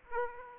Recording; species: mosquito wingbeat signal from an infrared sensor; Aedes aegypti